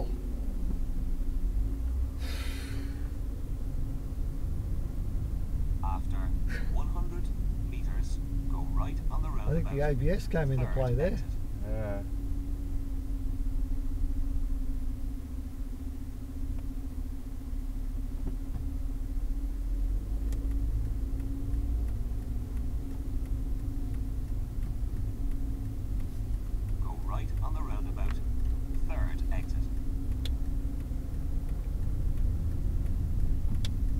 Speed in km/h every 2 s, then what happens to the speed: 8, 16, 20, 19, 17, 11, 8, 5, 5, 8, 15, 17, 17, 18, 19, 17, 20.
0-4 speeds up to 20. 4-16 slows to 5. 16-21 speeds up to 17. 21-34 steady at about 17.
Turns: none.